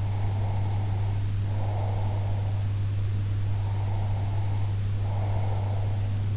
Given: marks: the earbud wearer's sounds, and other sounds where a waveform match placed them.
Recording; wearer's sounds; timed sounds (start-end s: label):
sounds in sleep by an in-ear microphone; breath
0.00-2.65 s: breath
3.48-6.14 s: breath